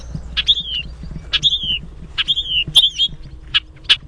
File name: BOBO call song